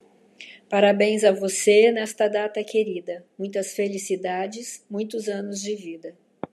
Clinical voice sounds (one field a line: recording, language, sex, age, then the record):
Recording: short text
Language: Brazilian Portuguese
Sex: female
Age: 60 to 69 years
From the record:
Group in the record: control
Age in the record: 60 years